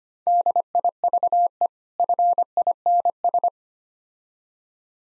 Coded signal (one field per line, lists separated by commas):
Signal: Morse code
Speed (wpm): 26 wpm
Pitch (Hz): 700 Hz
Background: none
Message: DIVE FINS